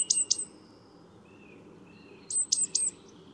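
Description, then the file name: Great tit uttering two piercing high notes, then faint thin whistles, then another rapid burst of three sharp falling notes, with gentle background hiss. "Parus major"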